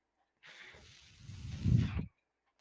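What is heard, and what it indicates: A single breath-like cycle lasting under two seconds: a soft airy hiss that builds into a louder, low rushing whoosh, then cuts off abruptly into silence. This is the airflow noise of a home mechanical ventilator delivering a breath.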